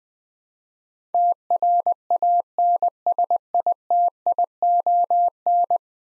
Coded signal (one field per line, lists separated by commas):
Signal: Morse code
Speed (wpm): 20 wpm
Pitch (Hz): 700 Hz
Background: none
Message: TRANSITION